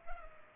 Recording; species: mosquito wingbeat signal from an infrared sensor; Culex pipiens